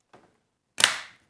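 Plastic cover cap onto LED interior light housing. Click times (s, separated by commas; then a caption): 0.8 s. A plastic cover cap is pressed over the end of a flat LED interior light housing to hide the wiring. A faint soft tap is followed by a single sharp snap at 0.8 s that rings out briefly. The cap clicks into place and is seated.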